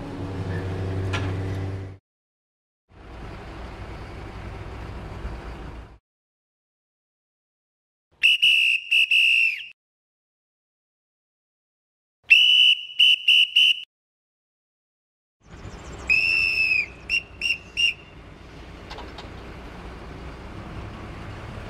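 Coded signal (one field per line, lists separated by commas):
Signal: whistle signal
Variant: crane dogger whistle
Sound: shrill whistle groups: one long blast followed by three short blasts, repeated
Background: engine or outdoor noise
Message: 1 long, 3 short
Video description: Hand & whistle signals every dogger & crane operator needs to know!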